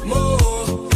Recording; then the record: coughing mixed with background sound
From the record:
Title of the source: 1125 Coughing SOUND Effect